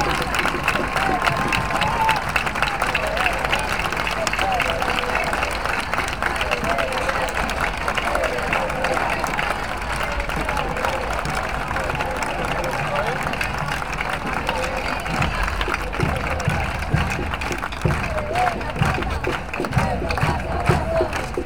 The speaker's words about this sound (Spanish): Les pedimos a todos un aplauso interminable para todas las madres de la Plaza 25 de Mayo de Rosario, que ya no está.